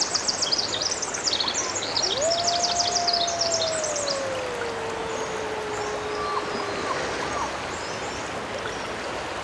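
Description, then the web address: Wolf howling a drawn-out note that rises, holds, then sinks gradually, with high bird twittering over its first half and a steady rush of water behind. Glacier Bay. "sounds whales wolves and eagles of glacier bay"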